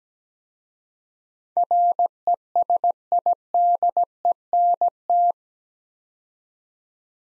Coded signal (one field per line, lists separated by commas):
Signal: Morse code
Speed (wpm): 17 wpm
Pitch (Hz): 700 Hz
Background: none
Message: RESIDENT